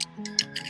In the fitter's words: So you just plug it in until it clicks like that.